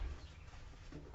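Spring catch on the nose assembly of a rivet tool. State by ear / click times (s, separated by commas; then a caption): not seated / none. The spring catch on the nose assembly of a Proset XT2 rivet tool is handled after the nose assembly has been screwed down, being let go and turned back toward its snap-in position on the front of the tool. Low handling noise runs throughout, with a brief louder burst of contact noise near 1.1 s. The catch has not snapped into place yet when the clip ends.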